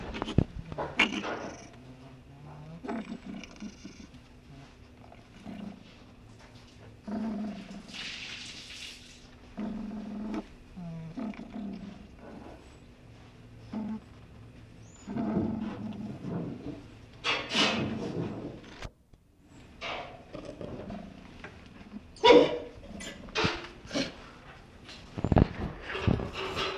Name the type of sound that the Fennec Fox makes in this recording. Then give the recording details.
call. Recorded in captivity. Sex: male. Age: adult. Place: Tierpark Berlin, Berlin, DE. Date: 1965-11-06 11:00. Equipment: Uher 4200 Report Monitor, Sennheiser MD 421, Transistorverstärker 2. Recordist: Tembrock, Günter